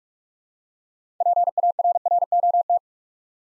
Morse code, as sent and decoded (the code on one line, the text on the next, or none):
.--. .- .-. .-. --- -
PARROT